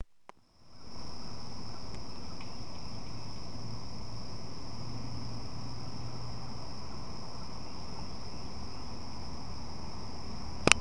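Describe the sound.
Cricket trill, a single high steady continuous tone holding unbroken for about ten seconds over a low rumbling background.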